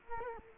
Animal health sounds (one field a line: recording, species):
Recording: mosquito wingbeat signal from an infrared sensor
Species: Culex quinquefasciatus